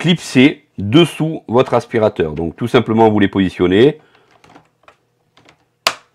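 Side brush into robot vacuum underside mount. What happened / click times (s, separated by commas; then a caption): The plastic brush snapped onto its mount / 5.9 s. Someone talks, then soft handling noises follow as the green plastic side brush is lined up under an Ecovacs Deebot 920 Ozmo robot vacuum and pressed onto its mount on the underside. A loud, sharp click at 5.9 s marks the brush clipping into place on its own, seated.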